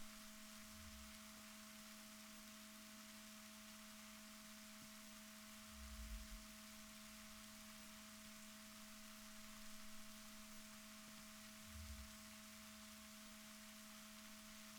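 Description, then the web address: Fin whale calling, three deep, short thumps roughly five to six seconds apart, beneath a steady hum and broad hiss. Recorded off Chile. "Balaenoptera Physalus Chile"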